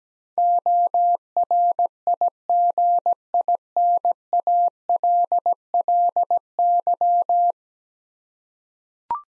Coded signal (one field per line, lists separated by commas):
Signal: Morse code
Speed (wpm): 17 wpm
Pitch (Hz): 700 Hz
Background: none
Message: ORIGINALLY